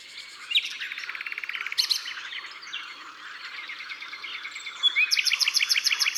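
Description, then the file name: Common nightingale song: rapid repeated notes and buzzy trills, bursts of fast rattling phrases separated by brief whistles. Drôme, France. "Rossignol philomele Concerts Naturels de la Drome Studio les Trois Becs"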